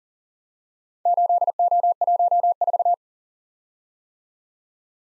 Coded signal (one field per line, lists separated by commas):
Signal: Morse code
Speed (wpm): 41 wpm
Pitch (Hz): 700 Hz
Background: none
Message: 8O14